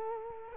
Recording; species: mosquito wingbeat signal from an infrared sensor; Culex quinquefasciatus